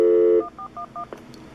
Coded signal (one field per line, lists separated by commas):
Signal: DTMF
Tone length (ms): 90 ms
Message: 1411